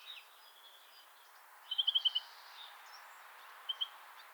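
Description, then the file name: European greenfinch giving a brief rapid trill of five or six notes, then a couple of short notes, against a quiet background. "Chloris chloris"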